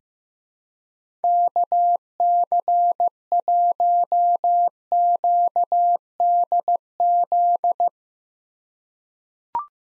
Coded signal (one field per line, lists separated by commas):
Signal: Morse code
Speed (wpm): 15 wpm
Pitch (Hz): 700 Hz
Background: none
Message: KC1QDZ